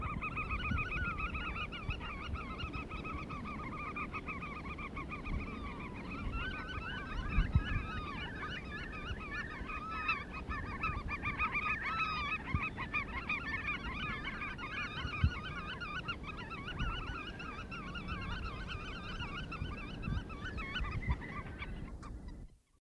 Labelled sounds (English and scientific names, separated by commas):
Black-tailed Godwit (Limosa limosa) call